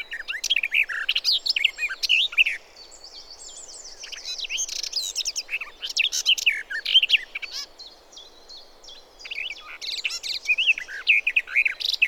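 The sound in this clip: Garden warbler song, a long run of rapid, mellow warbling with quick rising and falling notes, broken by a quieter stretch of thin high notes.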